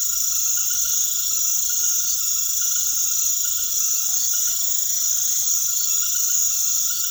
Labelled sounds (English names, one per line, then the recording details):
none
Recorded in secondary vegetation near Puerto Asís, Putumayo, Colombia, on 21 February 2024 at 21:00
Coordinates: 0.500, -76.326
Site G6428